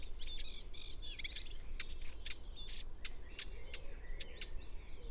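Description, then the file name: Eurasian blackcap with hard clicks at irregular short intervals and warbling phrases. "Sylvia atricapilla"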